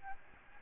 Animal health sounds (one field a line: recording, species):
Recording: mosquito wingbeat signal from an infrared sensor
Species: Aedes albopictus